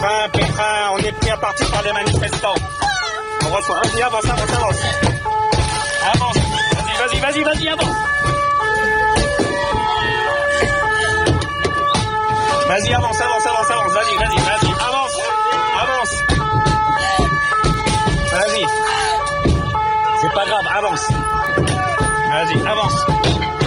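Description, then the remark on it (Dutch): Stones thrown by demonstrators strike a police car in repeated sharp, irregular knocks and thuds, under a continuous wailing siren and the overlapping voices of the officers inside the car, all loud and dense throughout. “Er wordt met stenen tegen de auto gegooid.”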